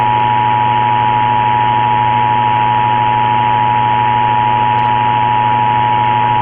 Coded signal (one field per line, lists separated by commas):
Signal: Emergency Alert System (SAME) tones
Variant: 853 and 960 Hz attention tone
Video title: EAS Recreation | Tornado-Possible SVR (California SLGT Risk)